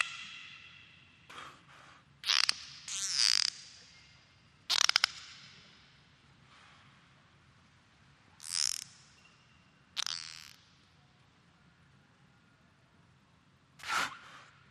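Dolphin producing scattered, irregular bursts of creaky, buzzing pulses with quiet gaps between them.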